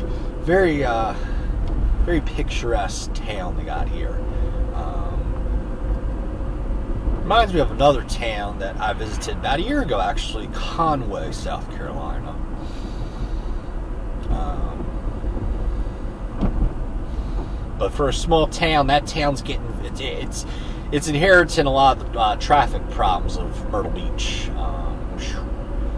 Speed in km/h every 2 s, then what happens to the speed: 52, 52, 53, 56, 55, 55, 53, 55, 55, 56, 53, 53, 56.
0-26 steady at about 55.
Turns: none.